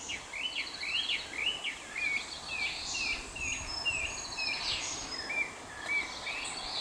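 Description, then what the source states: Chinese hwamei song: a quieter series of repeated slurred whistles over constant background noise. Recorded on 30 April 2021.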